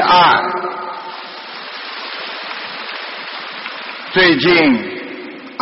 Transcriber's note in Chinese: 掌声